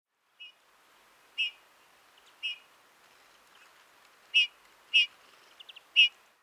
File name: Pyrrhula pyrrhula